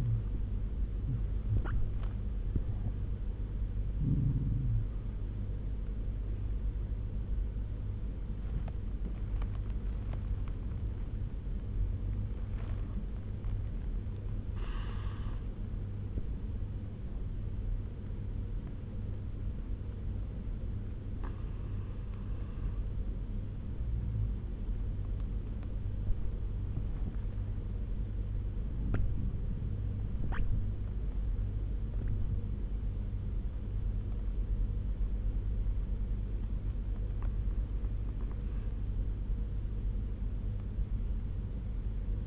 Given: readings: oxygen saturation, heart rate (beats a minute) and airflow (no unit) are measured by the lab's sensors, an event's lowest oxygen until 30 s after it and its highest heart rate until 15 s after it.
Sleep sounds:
breathing in sleep by a smartphone at the bedside; 1
11.00-29.90 s: hypopnea (N1, oxygen 98% highest, then 96% lowest)
From the record:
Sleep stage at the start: N1 (lightest sleep); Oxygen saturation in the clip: 91 to 98%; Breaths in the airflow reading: 7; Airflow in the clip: -10.8 to 12.5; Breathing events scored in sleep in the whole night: 201 in 6.5 hours asleep

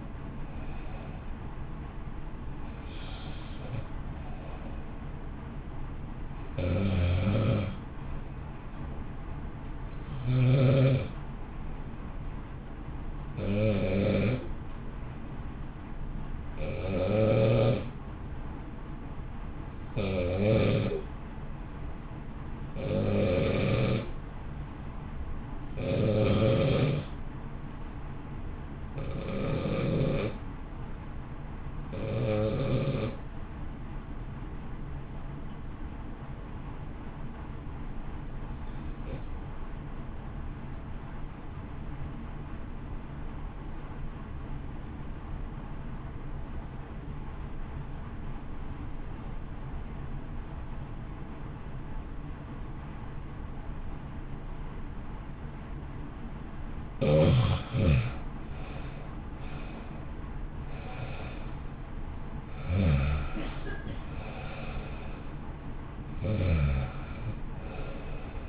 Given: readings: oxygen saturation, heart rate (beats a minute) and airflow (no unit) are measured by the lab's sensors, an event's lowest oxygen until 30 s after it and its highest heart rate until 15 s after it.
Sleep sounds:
breathing in sleep by a smartphone at the bedside; 1
21.00-58.60 s: hypopnea (REM, oxygen 96% highest, then 78% lowest, heart rate 55 at the start, 71 highest)
From the record:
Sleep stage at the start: REM sleep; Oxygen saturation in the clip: 87 to 96%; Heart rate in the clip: 53 to 71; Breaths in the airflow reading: 25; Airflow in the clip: -0.8 to 0.8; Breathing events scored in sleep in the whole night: 328 in 6.3 hours asleep

